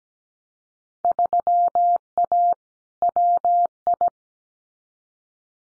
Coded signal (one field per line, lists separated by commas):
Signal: Morse code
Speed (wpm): 17 wpm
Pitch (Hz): 700 Hz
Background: none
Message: 3A WI